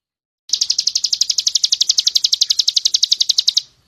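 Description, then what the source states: Bird song as a single three-second burst of very fast, evenly spaced high chirps, starting abruptly and ending cleanly. Masteran training recording used to teach songbirds.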